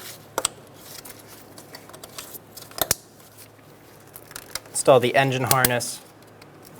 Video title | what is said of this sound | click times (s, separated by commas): How to Replace Valve Cover 2007-2012 Nissan Altima | push until you hear a click | 0.4 s, 2.9 s